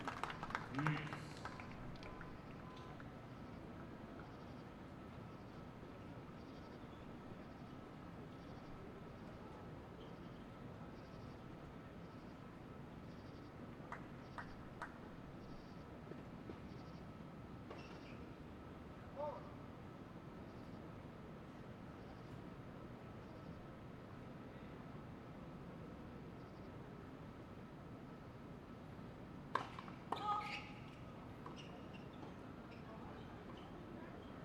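A night tennis match plays out over a steady low train rumble that holds for the whole clip. A thin, even chirping of crickets runs throughout, with faint chatter beneath. Sharp ball strikes pop out near the start, around the middle, and again near thirty seconds.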